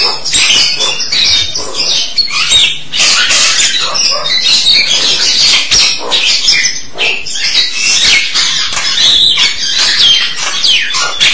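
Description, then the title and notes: Starling song: rapid scratchy chatter and squeals packed closely together, with high whistled notes showing through near the end. "suara burung jalak"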